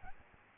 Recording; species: mosquito wingbeat signal from an infrared sensor; Aedes albopictus